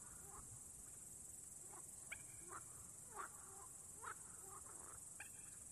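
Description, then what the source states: Frogs giving several scattered short croaks over a steady high-pitched hiss throughout. Frogs, recorded at Nová Oleška.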